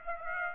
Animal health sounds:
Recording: mosquito wingbeat signal from an infrared sensor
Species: Aedes aegypti

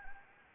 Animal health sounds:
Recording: mosquito wingbeat signal from an infrared sensor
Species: Anopheles gambiae

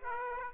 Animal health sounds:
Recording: mosquito wingbeat signal from an infrared sensor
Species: Aedes aegypti

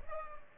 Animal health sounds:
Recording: mosquito wingbeat signal from an infrared sensor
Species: Aedes albopictus

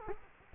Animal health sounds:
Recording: mosquito wingbeat signal from an infrared sensor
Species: Culex quinquefasciatus

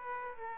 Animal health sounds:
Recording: mosquito wingbeat signal from an infrared sensor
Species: Aedes aegypti

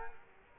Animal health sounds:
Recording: mosquito wingbeat signal from an infrared sensor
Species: Culex quinquefasciatus

